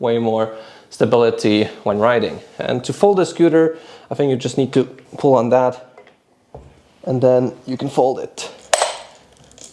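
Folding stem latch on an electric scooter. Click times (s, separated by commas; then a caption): 8.7 s. Someone talks while the folding lever on the stem of a VSETT 8 electric scooter is pulled and the stem is folded. The metal folding latch snaps shut with a loud, sharp click at 8.7 s, held by strong springs. A few faint ticks follow.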